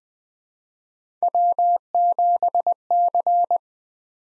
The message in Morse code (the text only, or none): W7C